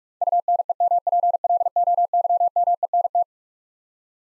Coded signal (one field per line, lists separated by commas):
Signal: Morse code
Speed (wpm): 41 wpm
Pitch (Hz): 700 Hz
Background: none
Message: UNEMPLOYMENT